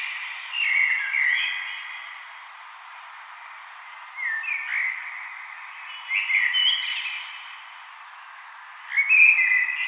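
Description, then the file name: Common blackbird song: four low, fluty warbled phrases, each ending in a thin, high squeaky twitter, with short silent gaps between phrases. "Turdus merula"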